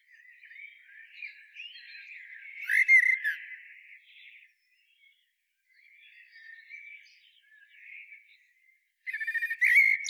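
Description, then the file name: Common blackbird song: soft fluty warbling building to a louder phrase with a twittery end, then quieter phrases and a final strong phrase. "Turdus merula"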